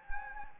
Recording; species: mosquito wingbeat signal from an infrared sensor; Anopheles gambiae